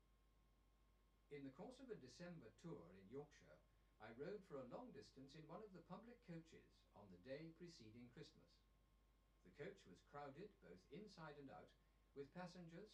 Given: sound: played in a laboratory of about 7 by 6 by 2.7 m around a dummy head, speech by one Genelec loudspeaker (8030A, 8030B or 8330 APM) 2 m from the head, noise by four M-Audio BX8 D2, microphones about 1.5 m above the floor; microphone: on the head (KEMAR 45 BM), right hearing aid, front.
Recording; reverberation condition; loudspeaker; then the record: male speech in English; low; 150 degrees to the left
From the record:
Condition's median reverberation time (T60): about 310 ms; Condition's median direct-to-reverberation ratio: about 3.5 dB